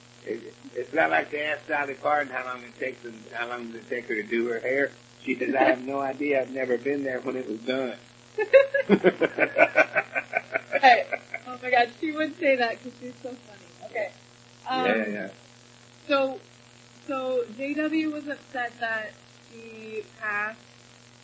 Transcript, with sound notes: It’s not like they asked Dolly Parton how long it takes them — how long does it take her to do her hair. She says, "I have no idea. I’ve never been there when it was done." [laughs]
[chuckles] Oh my god, she would say that ’cause she’s so funny. Okay. So, so JW was upset that she passed,